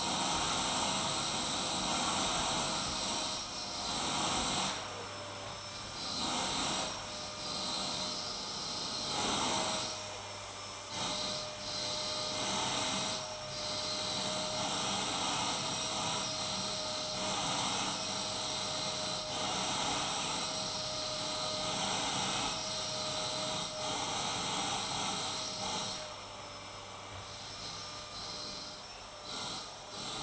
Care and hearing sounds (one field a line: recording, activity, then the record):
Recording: daily activity, microphone in the room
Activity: vacuum cleaning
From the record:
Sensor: 3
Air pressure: 991.0 hPa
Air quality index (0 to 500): 129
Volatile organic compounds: 151 ppm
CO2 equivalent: 4026 ppm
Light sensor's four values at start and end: 30/71/29/27 and 30/71/29/27